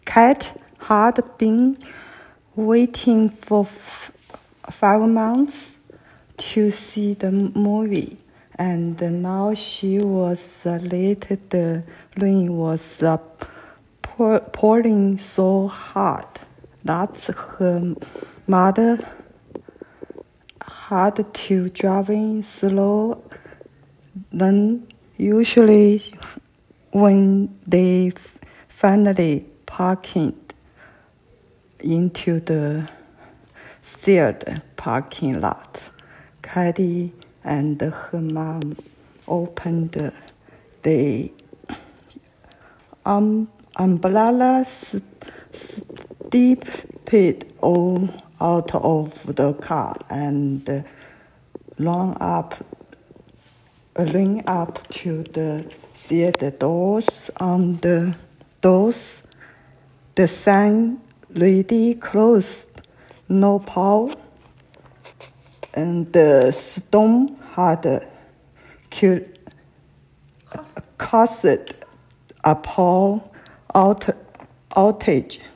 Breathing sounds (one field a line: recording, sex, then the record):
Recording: reading aloud after running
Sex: female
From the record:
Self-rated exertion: vigorous exertion (4 of 6)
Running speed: 8 miles an hour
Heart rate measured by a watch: 125 beats a minute at the start, 113 at the end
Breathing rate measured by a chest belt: 18 breaths a minute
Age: 58 years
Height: 160 cm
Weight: 52 kg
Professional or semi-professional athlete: no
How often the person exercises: over 5 times a week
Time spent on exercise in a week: over 5 hours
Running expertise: no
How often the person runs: 3 to 5 times a week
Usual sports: running, swimming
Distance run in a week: 30 miles